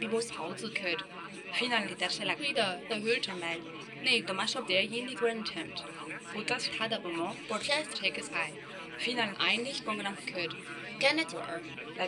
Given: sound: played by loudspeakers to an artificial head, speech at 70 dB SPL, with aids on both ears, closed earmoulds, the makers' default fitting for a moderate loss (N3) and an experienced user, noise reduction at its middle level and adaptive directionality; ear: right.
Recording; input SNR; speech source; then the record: speech test signal (ISTS) in cocktail-party noise; 0 dB; on the right (90 degrees)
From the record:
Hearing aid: class 2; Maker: C